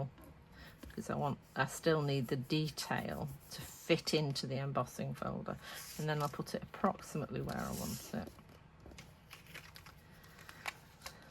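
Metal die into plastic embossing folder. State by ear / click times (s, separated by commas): seated / 10.7 s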